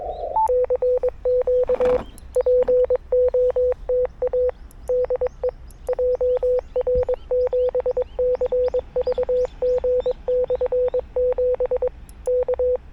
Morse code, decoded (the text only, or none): CQ POTA DE JR7CVG/7 K